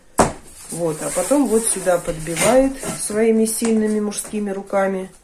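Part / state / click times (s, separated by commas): laminate plank lock joint into adjacent floor plank / not seated / none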